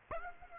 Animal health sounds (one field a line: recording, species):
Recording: mosquito wingbeat signal from an infrared sensor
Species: Aedes aegypti